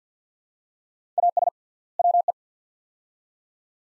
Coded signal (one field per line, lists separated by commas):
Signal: Morse code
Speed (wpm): 49 wpm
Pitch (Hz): 700 Hz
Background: none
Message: AS WE